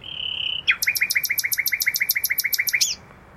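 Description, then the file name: Common nightingale song: a pure held whistle, then a fast rhythmic series of about twenty sharp repeated notes, ending in a brief flourish. "Luscinia megarhynchos"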